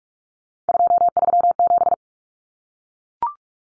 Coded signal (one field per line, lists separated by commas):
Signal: Morse code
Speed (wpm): 44 wpm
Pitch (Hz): 700 Hz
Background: none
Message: 237